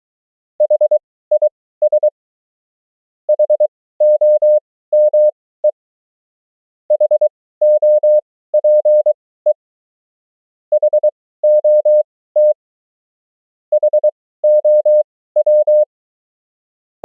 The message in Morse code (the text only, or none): HIS HOME HOPE HOT HOW